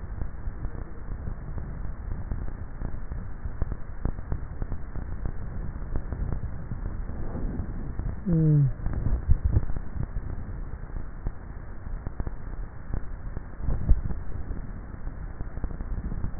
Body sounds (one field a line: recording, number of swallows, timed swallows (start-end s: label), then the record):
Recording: swallowing sounds by neck microphone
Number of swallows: 2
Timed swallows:
9.08-9.78 s: swallow
13.72-14.35 s: swallow
From the record:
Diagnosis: dysphagia